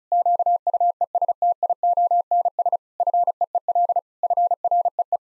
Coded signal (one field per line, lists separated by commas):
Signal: Morse code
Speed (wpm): 36 wpm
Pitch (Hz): 700 Hz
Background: none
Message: QUESTIONS FEEL FREE